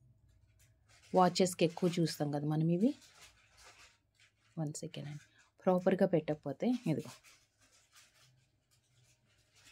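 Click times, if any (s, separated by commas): none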